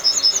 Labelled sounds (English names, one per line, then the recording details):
Yellowhammer song
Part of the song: start
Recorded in the Czech Republic on 22 May 2013
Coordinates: 49.812, 18.477
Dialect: BD
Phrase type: A14
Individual 298695